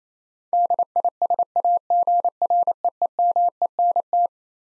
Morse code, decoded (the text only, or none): DISAGREEMENT